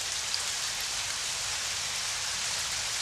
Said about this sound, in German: Das Schweigen, das vom rauschenden Regen ausgeht. Regen. Das Crescendo der Monotonie in der engen Straße, auf die ich schaue.